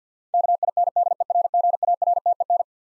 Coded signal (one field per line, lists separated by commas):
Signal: Morse code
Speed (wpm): 50 wpm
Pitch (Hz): 700 Hz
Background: none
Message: KINDERGARTEN